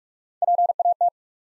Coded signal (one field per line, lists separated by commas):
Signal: Morse code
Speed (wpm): 44 wpm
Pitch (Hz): 700 Hz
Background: none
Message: PAT